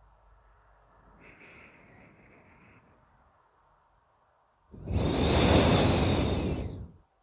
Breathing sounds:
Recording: nose breathing near a microphone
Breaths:
0.88-3.32 s: inhalation
4.67-6.87 s: exhalation
From the record:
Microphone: phone

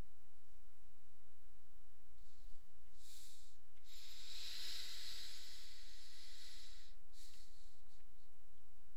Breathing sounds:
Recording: nose breathing near a microphone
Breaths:
2.80-3.70 s: exhalation
3.70-7.25 s: inhalation
From the record:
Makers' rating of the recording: medium

